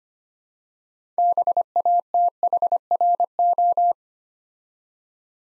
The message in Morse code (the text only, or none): BATHRO